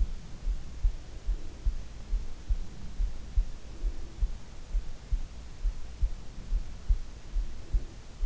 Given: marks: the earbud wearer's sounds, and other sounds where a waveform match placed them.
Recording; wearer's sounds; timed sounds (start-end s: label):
sounds in sleep by an in-ear microphone; breath
0.78-1.80 s: breath
3.54-4.49 s: breath
7.47-8.26 s: breath